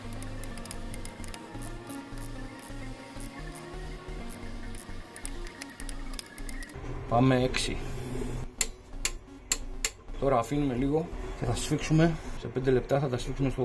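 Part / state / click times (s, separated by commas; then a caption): torque wrench tightening engine bolts / torque reached / 8.6 s, 9.1 s, 9.5 s, 9.9 s. A torque wrench is raised from 4 kg to 6 kg and used to tighten bolts during a Fiat Punto GT2 engine rebuild, while someone talks and music plays. Light ticking in the first half gives way to four sharp clicks at 8.6, 9.1, 9.5 and 9.9 seconds as the wrench reaches its setting.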